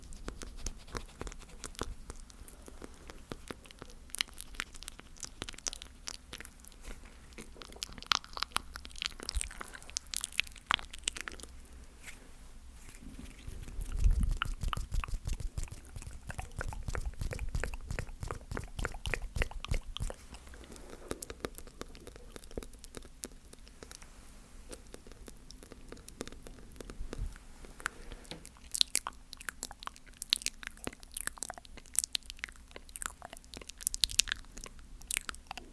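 Wet mouth sounds of chewing and crunching, dense clicks throughout, with a louder, deeper burst around fourteen to twenty seconds over a low hum.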